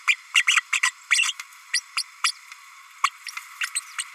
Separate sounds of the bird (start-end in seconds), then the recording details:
0.07-0.15, 0.35-0.43, 0.47-0.60, 0.72-0.80, 0.82-0.91, 1.10-1.33, 1.73-1.81, 1.96-2.03, 2.23-2.33, 3.03-3.10, 3.60-3.67, 3.75-3.80, 3.98-4.03. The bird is a female. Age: 32 days. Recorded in a nest box in Venezuela. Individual 17B32A5